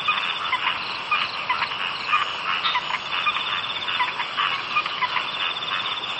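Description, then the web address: Frogs calling in a dense chorus, overlapping rapid pulsed croaks running continuously with short trills layered on top throughout. "bumbungrec kaeru frog"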